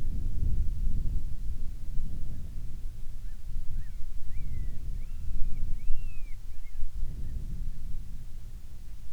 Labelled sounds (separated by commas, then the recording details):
bird, wind
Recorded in the Arctic National Wildlife Refuge, Alaska, on 10 July 2019 at 18:03
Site 44